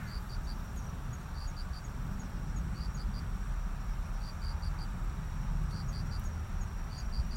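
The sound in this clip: Cricket chirping in short groups of three or four high, clean pulses, repeated steadily, over a constant low rumble.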